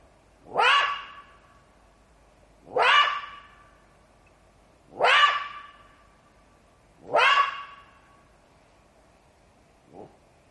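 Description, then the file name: Jackal yelping calls: four sharp, rising yelps roughly every two seconds, each trailing into a thin ringing tone, then a faint short note at the end. "zvuki shakala"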